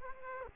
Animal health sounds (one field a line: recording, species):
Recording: mosquito wingbeat signal from an infrared sensor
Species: Aedes aegypti